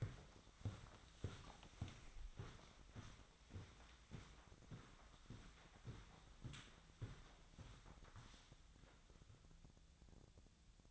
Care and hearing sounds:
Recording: daily activity, microphone in the room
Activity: walk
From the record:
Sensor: 3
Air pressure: 1009.3 hPa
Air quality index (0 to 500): 194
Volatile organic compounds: 4 ppm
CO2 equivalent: 1562 ppm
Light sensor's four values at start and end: 58/149/66/68 and 57/146/65/67

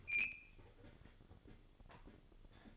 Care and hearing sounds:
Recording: daily activity, microphone in the room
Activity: open fridge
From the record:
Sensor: 4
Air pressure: 1008.6 hPa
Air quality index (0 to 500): 80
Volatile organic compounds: 1 ppm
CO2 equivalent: 645 ppm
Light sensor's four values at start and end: 13/30/12/12 and 12/28/11/11

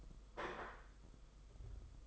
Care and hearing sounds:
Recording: daily activity, microphone in the room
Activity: place plate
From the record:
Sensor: 5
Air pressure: 991.0 hPa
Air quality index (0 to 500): 141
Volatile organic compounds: 107 ppm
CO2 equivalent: 3798 ppm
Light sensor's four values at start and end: 39/121/46/49 and 39/121/46/49

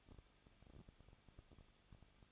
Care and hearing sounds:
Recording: daily activity, microphone in the room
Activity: no activity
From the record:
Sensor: 4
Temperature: 23.1 degrees Celsius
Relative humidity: 34.3%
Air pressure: 1007.2 hPa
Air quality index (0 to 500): 213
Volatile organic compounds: 14 ppm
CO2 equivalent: 2461 ppm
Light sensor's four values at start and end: 2/3/1/1 and 2/3/1/1

